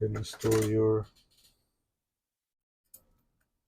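Someone talks, then a metal retaining clip is installed on the 6HP26 transmission valve body of a 2010 BMW 650i during solenoid reassembly, a repair for codes 4E22 and 4E86 with the car stuck in park. A single sharp, short tick is heard at 3.0 s, and the clip is seated.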